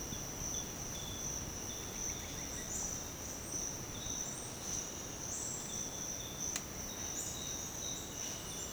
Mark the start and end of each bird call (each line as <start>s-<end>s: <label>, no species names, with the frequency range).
1.96s-2.72s: bird call (1.2-3.0 kHz)